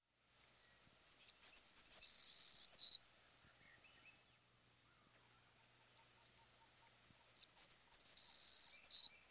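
Savannah Sparrow song heard twice: thin, very high ticking notes speeding up into a long insect-like buzz, closing with a short lower note.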